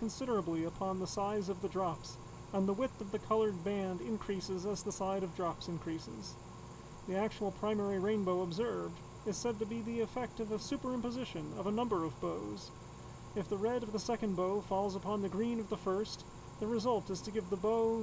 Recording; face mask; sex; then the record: reading aloud; surgical mask; male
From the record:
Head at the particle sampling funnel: tilted down, bridge of the nose in front of it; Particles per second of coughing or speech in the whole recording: 0.276